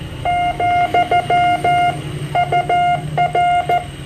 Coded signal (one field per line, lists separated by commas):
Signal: Morse code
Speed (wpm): 14 wpm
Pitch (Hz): 2100 Hz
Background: none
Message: , UR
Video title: Morse Code Net Call - Philippine Amateur Radio Association 145.000 Mhz